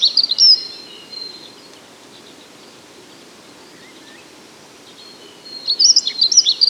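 Dunnock song, a brief rapid high warbling phrase at the start and another near the end, separated by quiet background hiss with a faint whistle.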